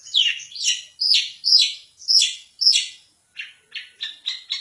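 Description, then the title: Long-tailed shrike song of loud, scratchy, downward-sliding notes, then a faster train of short chattering notes. "Cendet"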